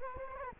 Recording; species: mosquito wingbeat signal from an infrared sensor; Culex quinquefasciatus